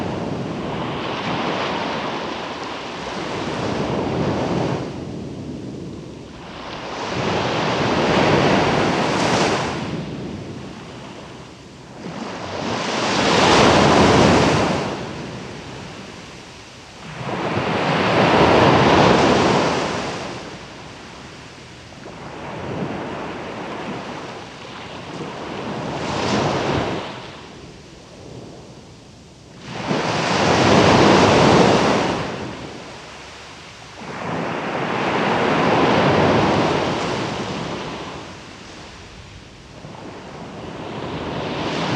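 Ocean waves roll in and crash onto a beach in a slow, regular rhythm, each surge swelling to a full roar and then drawing back, about every five to six seconds. A soft hiss of wind fills the quieter gaps between breakers.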